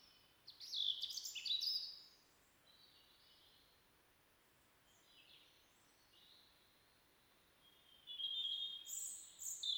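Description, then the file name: European robin song: sharp, high, scratchy phrases at the start, quieter thin notes midway, then another high sweet phrase at the end. "Erithacus rubecula"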